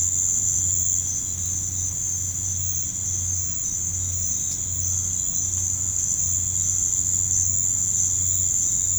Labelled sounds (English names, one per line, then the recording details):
none
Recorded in pastures near Puerto Asís, Putumayo, Colombia, on 15 December 2024 at 05:00
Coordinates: 0.505, -76.324
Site G063